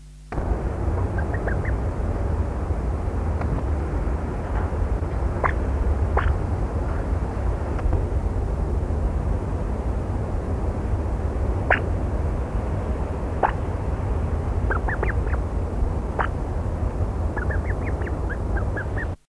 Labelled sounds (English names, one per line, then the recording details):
Germain's Peacock-Pheasant call
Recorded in captivity
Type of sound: call
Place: Zoo Rotterdam, Zuid-Holland, NL
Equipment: Halbspur, 9,5 cm/s
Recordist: Lütgens, Hans
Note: Rufe